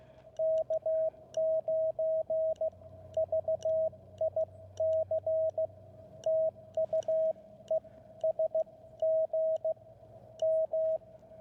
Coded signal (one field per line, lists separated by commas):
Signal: Morse code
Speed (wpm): 15 wpm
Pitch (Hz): 640 Hz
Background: radio noise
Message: K9VIC TU ES GM